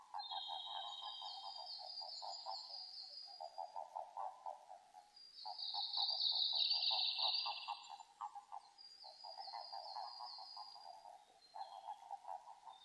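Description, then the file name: Japanese common toad gives low pulsed trilling runs of a few seconds each, overlapped by higher drawn-out sounds. Eastern Japanese toad subspecies; recorded 5 June 2005. "050605 azumahikigaeru"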